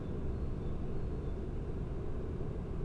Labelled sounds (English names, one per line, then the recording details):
Great Tit
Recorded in Germany
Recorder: ecoPi